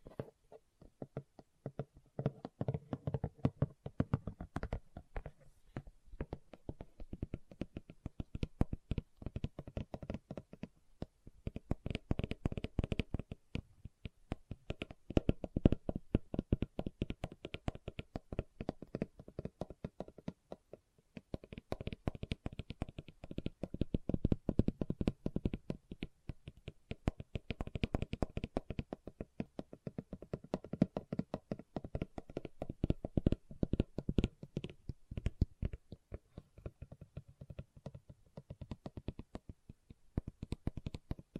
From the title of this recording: Leather Tapping & Scratching Sounds